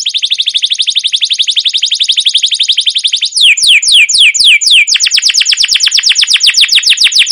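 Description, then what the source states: Canary song: a fast even buzzy trill for three seconds, then several slower descending slurred notes, then another rapid trill. Canary with a long rolling 'ngerol' gacor song and 'cuit cuit' notes, used as a lure and master song to train or provoke other canaries to sing.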